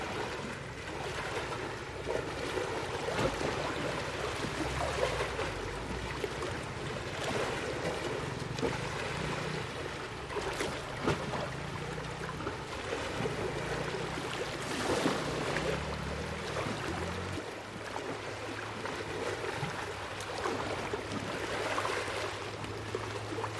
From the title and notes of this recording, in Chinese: 忘憂海岸拍打聲 冥想白噪音。